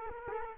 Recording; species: mosquito wingbeat signal from an infrared sensor; Culex quinquefasciatus